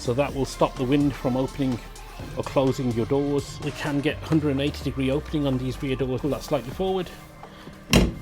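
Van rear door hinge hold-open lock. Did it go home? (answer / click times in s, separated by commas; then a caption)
yes / 7.9 s. Someone talks while a 2025 Interstar van's rear door is swung open toward 180 degrees and pulled slightly forward to lock its hinge into the hold-open position, a feature that stops the wind from opening or closing the doors. A single sharp metallic clack is heard at 7.9 seconds as the rear door hinge lock clicks into place.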